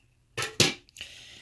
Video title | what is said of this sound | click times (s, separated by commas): MacBook Air A1370 Complete Disassembly LCD Screen Replacement | Remove all those screws, pull up on the plate, there's a clip underneath so you'll hear it click. | 0.6 s